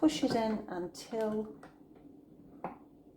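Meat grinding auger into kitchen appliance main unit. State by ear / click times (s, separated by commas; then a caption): seated / 2.6 s. A meat-grinding auger is slid lengthwise into the main unit of a kitchen appliance and pushed in until it seats. Someone talks over the first part, then a single sharp hit at 2.6 seconds marks the auger pushing home into place.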